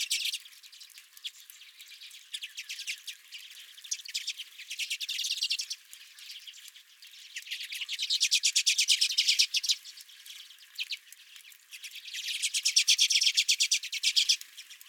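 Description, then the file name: Redpoll flock chattering, fast clipped chit notes running almost nonstop, swelling into louder bouts around eight and thirteen seconds. Redpolls at the recordist's feeder. "Redpolls at My Feeder"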